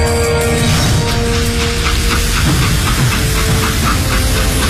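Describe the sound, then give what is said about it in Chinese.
A steam train speeding late at night along the Pinghan railway near Baoding, Hebei: a loud, steady rumbling roar with hissing steam and a rapid, regular chugging pulse running through it, no voices. “火车的轰鸣声越来越近”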